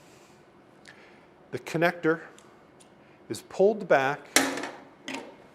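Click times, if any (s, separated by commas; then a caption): none. The collar of a water line quick-connect coupling is pulled back as the connector is handled at the water line hookup of a ThermoChem HT 2000 while someone talks. There is a faint tick near 0.9 s and short sharp knocks around 5.1 s. Nothing has seated or clicked yet.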